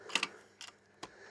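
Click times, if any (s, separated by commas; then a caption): 0.2 s. After folding, the folding handlebar stem latch on an ENGWE Engine X electric bike frame is pulled back up to upright. Two sharp, tick-like clicks come close together at about 0.2 s, followed by quieter ticks near 0.6 s and 1.0 s. The stem locks into place.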